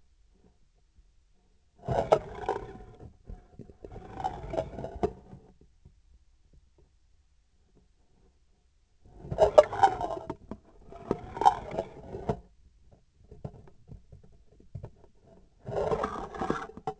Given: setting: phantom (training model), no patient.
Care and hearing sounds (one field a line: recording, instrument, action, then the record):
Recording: laparoscopic instrument, vibration sensor on the handle end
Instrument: scissors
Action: approaching and retracting movements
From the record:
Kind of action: spatial motion